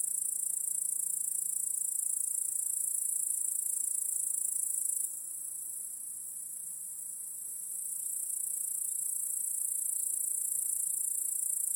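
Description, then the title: Crickets giving a continuous high shrill trill that briefly softens in the middle, then returns to full strength; a faint low hum lies underneath. Crickets chorusing in a backyard at night. "Crickets in Your Backyard 🏡. Discovering the Sounds of Home"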